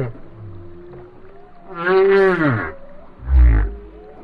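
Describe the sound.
Whale song fragment: a single arching harmonic moan followed by a brief deep grunt.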